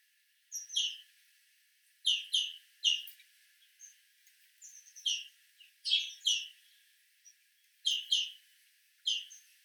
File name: Chloris chloris